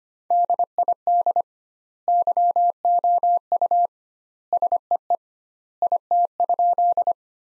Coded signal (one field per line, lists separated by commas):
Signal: Morse code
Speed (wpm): 25 wpm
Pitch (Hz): 700 Hz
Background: none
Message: DID YOU SEE IT?